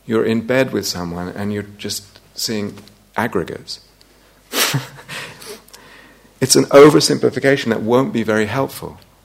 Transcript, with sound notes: You're in bed with someone, and you're just seeing aggregates. [laughs] It's an oversimplification that won't be very helpful.